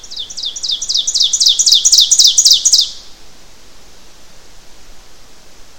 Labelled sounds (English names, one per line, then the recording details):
Ovenbird song
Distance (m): 5 m
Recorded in boreal forest in Alberta, Canada, on 12 June 2016 at 07:16
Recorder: SongMeter 3, array SBT-3-18
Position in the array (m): 240 m, 83 m
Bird 31